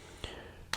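The locking piston knob at the end of a plastic Wing Sung 5502 fountain pen barrel is pulled out of its grooved locked position. A faint tick comes at 0.2 s, then a sharp, bright click at 0.7 s as the knob clicks out of the lock, releasing it so the piston is free to move.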